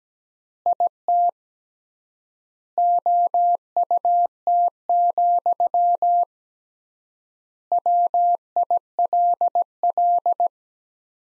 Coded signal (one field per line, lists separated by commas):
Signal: Morse code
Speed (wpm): 17 wpm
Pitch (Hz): 700 Hz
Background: none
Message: IT OUT, WILL